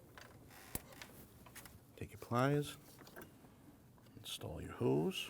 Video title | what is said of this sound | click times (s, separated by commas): How to Replace Camshaft Position Sensor 2012-2016 Honda CR-V 2.4L L4 | it back into your sensor, wait for the click. | 0.8 s